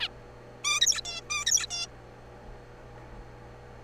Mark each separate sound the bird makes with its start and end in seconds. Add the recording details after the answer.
0.01-0.08, 0.64-0.80, 0.81-1.01, 1.05-1.21, 1.30-1.45, 1.46-1.66, 1.70-1.87. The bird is a juvenile. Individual R3428